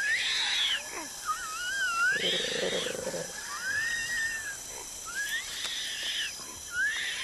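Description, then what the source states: Sumatran orangutan squealing cries, wavering swooping high tones that rise and fall in several bursts, with a brief lower buzzy sound in the middle and a steady background hiss. Call meaning uncertain, possibly a young animal in distress.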